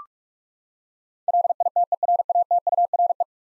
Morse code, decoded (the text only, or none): LITERATURE